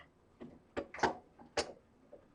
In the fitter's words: goes on one-way locks into place now it's locked in